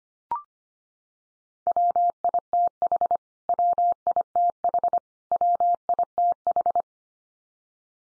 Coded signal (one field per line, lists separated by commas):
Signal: Morse code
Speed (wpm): 25 wpm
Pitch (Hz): 700 Hz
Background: none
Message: WITH WITH WITH